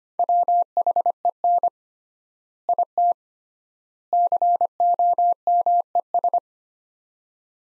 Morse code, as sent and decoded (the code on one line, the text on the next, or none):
.-- .... . -. / .. - / -.-. --- -- . ...
WHEN IT COMES